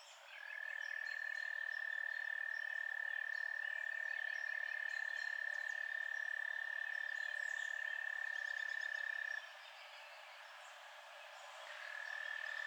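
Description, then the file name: Night chorus of frogs: one loud, sustained high trill runs most of the time, stops briefly, then resumes, with quieter pulsed calls throughout. Frogs at night. "Night Birds and Frogs"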